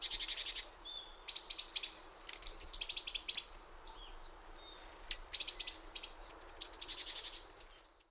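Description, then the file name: Great tit calling: high thin notes mixed with dense buzzy churring bursts in irregular groups. "Parus major"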